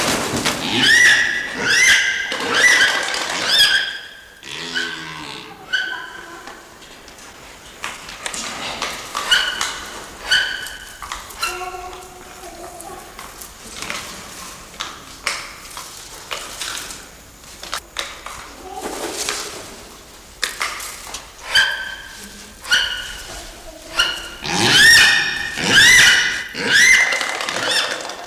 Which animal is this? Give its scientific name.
Leptoptilos crumenifer